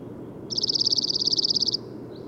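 Bird song: one quick, regular high-pitched trill of a little over a second, followed by a faint short note, over low background hum.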